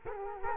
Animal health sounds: mosquito wingbeat signal from an infrared sensor; Culex quinquefasciatus

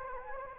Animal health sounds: mosquito wingbeat signal from an infrared sensor; Anopheles gambiae

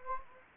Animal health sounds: mosquito wingbeat signal from an infrared sensor; Anopheles gambiae

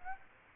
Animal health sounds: mosquito wingbeat signal from an infrared sensor; Aedes aegypti

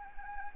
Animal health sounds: mosquito wingbeat signal from an infrared sensor; Anopheles gambiae

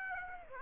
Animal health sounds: mosquito wingbeat signal from an infrared sensor; Aedes aegypti

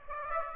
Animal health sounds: mosquito wingbeat signal from an infrared sensor; Aedes aegypti

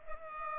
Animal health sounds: mosquito wingbeat signal from an infrared sensor; Culex pipiens

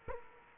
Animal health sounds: mosquito wingbeat signal from an infrared sensor; Culex quinquefasciatus

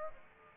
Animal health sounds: mosquito wingbeat signal from an infrared sensor; Aedes aegypti

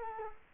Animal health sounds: mosquito wingbeat signal from an infrared sensor; Culex quinquefasciatus

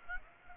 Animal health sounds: mosquito wingbeat signal from an infrared sensor; Aedes aegypti

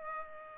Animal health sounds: mosquito wingbeat signal from an infrared sensor; Culex pipiens

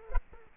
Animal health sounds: mosquito wingbeat signal from an infrared sensor; Culex quinquefasciatus

